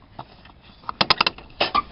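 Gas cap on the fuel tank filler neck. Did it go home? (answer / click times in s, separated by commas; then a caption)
yes / 0.9 s, 1.0 s, 1.1 s, 1.2 s, 1.3 s. A gas cap is screwed clockwise back onto the fuel tank filler neck until its ratchet clicks, showing it is tight. Sharp ratchet clicks are heard at 0.9, 1.0, 1.1, 1.2 and 1.3 seconds, followed by a couple of softer scraping sounds near 1.6 and 1.8 seconds.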